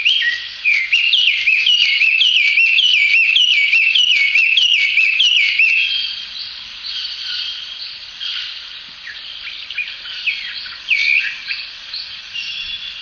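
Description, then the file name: Chinese hwamei song, loud rich whistled phrases repeated rapidly for several seconds, then quieter varied whistles and chirps continuing to the end. Recorded 1 May 2014. "ガビチョウ 遠藤"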